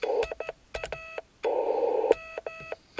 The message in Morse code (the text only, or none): IA M